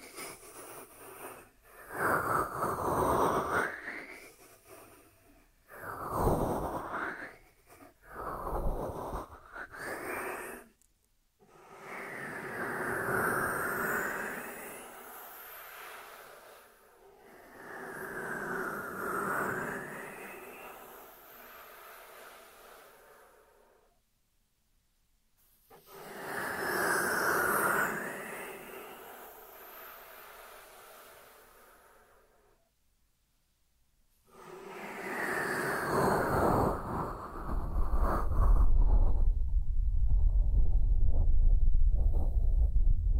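Dry hands rub together in a series of rasping strokes, each lasting one to several seconds, with short silent gaps between them. The strokes swell and fade, some quick and clipped, others long and slow. Toward the end a steady low rumble enters underneath.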